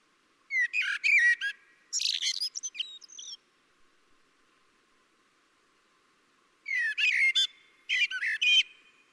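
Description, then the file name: Common blackbird singing two fluty warbled phrases with trailing high twitters, a long quiet gap between them. "Turdus merula"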